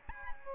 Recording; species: mosquito wingbeat signal from an infrared sensor; Aedes albopictus